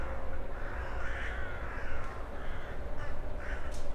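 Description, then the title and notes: Rook caws: rasping, overlapping caws throughout, a group calling together, with a steady low hum beneath. Rooks over the Oder at Psie Pole, Wrocław (GPS 51.132998, 17.046448), near the city canal opposite the old grain elevator, 17:30; Sony PCM-D50 recorder, Rode NT4 microphone, FEL BMA preamplifier. "Gawrony nad Odrą Lokalizacja: Psie Pole Czas: , 17.30. Nagrane w Poblizu Kanału Miejskiego - na przeciw starego elewatora zbożowego. Gawrony, odległy sygnał pociągu , przejeżdżające rowery. Autor nagrania: Bartosz Grzyb"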